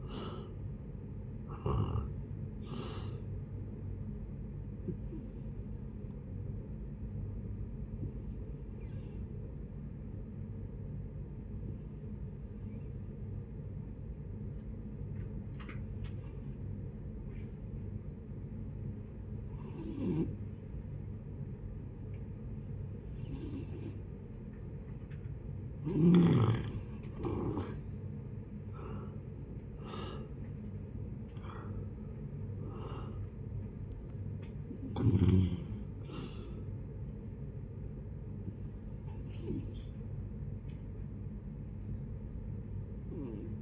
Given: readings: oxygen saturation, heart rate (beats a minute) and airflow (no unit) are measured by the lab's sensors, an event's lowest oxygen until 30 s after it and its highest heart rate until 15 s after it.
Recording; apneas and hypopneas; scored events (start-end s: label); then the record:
breathing in sleep by a smartphone at the bedside; 1
5.00-26.80 s: hypopnea (N1, oxygen 94% highest, then 86% lowest, heart rate 78 at the start, 79 highest)
From the record:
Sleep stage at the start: N1 (lightest sleep); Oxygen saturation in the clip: 83 to 94%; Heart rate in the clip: 55 to 79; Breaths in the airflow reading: 11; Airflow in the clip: -10.3 to 10.3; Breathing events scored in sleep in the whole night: 496 in 5.4 hours asleep